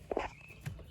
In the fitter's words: put in the brand new cabin air filter we snap it back in